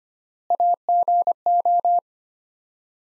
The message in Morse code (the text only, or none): AGO